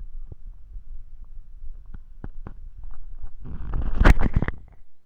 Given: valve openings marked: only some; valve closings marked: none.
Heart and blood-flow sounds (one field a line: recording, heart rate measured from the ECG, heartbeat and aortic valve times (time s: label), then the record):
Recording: heart sounds by stethoscope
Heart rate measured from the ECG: 81 bpm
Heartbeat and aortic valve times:
0.17 s: heartbeat (ECG mark)
0.17 s: aortic valve opens (echo mark)
0.93 s: heartbeat (ECG mark)
0.93 s: aortic valve opens (echo mark)
1.64 s: heartbeat (ECG mark)
1.70 s: aortic valve opens (echo mark)
2.36 s: heartbeat (ECG mark)
2.43 s: aortic valve opens (echo mark)
3.12 s: heartbeat (ECG mark)
3.17 s: aortic valve opens (echo mark)
3.89 s: heartbeat (ECG mark)
4.61 s: heartbeat (ECG mark)
4.63 s: aortic valve opens (echo mark)
From the record:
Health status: healthy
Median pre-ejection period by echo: 48 ms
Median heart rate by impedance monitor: 92 bpm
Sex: female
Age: 19 years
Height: 155 cm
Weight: 52 kg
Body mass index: 21.63